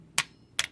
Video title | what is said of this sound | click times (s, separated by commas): 2006 BMW 330I Oil Pan Bolts Torque Spec. | see that you kind of bent and click | 0.2 s, 0.6 s